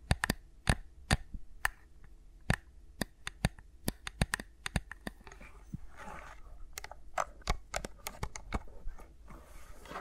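Fingers move against the mics, with sharp, irregular clicks and taps every fraction of a second over soft rubbing and a low steady hum.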